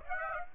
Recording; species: mosquito wingbeat signal from an infrared sensor; Aedes aegypti